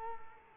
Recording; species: mosquito wingbeat signal from an infrared sensor; Culex quinquefasciatus